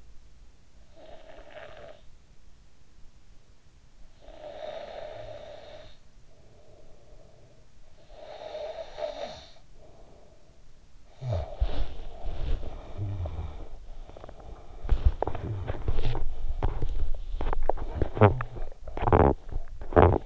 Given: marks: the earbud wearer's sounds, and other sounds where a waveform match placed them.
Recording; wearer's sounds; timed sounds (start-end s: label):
sounds in sleep by an in-ear microphone; snoring breath, teeth grinding
0.60-2.46 s: snoring breath
4.09-10.86 s: snoring breath
11.21-13.83 s: snoring breath
15.06-20.26 s: teeth grinding